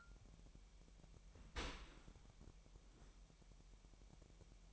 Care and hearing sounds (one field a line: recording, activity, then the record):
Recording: daily activity, microphone in the room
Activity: open dishwasher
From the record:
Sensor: 1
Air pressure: 998.4 hPa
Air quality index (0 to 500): 138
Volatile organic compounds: 4 ppm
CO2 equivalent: 1646 ppm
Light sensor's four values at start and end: 16/55/22/22 and 16/55/22/22